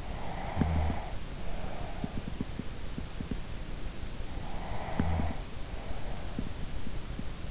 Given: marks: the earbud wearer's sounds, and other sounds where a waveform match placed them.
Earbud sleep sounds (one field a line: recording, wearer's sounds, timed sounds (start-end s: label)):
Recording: sounds in sleep by an in-ear microphone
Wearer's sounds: snoring breath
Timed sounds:
0.00-2.48 s: snoring breath
4.50-6.56 s: snoring breath